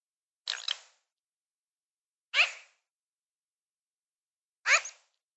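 Magpie making three harsh, scratchy chack calls at uneven intervals, the first a quick double note, nothing else audible.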